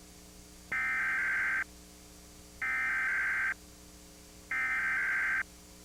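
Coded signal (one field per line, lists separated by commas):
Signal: Emergency Alert System (SAME) tones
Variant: header bursts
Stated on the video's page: A required weekly test aired on a TV station, recovered from a VHS tape.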